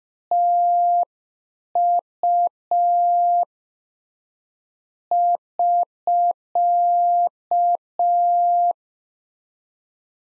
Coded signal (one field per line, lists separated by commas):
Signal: Morse code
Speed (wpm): 5 wpm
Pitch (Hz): 700 Hz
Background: none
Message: TU <SK>